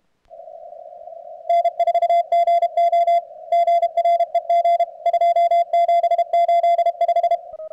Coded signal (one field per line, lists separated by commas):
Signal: Morse code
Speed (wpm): 31 wpm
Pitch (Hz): 690 Hz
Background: radio noise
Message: N4GO GREG 2785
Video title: cwops cwt 0300 session 130-111